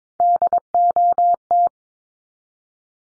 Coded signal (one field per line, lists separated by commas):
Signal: Morse code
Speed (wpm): 22 wpm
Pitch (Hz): 700 Hz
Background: none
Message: DOT